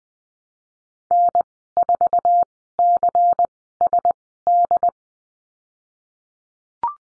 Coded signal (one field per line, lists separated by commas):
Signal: Morse code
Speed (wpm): 20 wpm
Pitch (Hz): 700 Hz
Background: none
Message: N4CSD